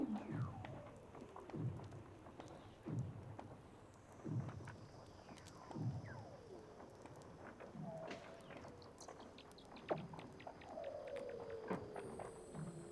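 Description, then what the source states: Weddell seal underwater calls: repeated short downward-sweeping chirps about every one to two seconds, later a drawn-out descending whistle, with faint high tones behind. Weddell seals recorded underwater by Douglas Quin.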